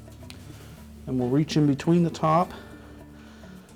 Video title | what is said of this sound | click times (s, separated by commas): Washing Machine Repair - Replacing the Tub Seal (GE Part # WH02X10032) | Keeping the wire harness towards the front, we'll hook it in and press down on the back of it till it snaps into place and | 0.3 s